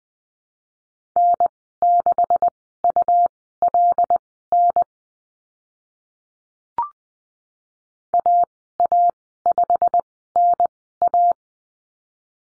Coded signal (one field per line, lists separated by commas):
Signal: Morse code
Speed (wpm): 19 wpm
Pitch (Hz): 700 Hz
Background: none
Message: N6ULN AA5NA